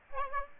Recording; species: mosquito wingbeat signal from an infrared sensor; Aedes aegypti